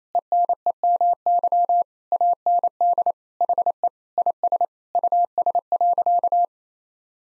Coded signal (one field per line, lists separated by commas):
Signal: Morse code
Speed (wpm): 27 wpm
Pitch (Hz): 700 Hz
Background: none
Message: ENEMY AND HE IS US.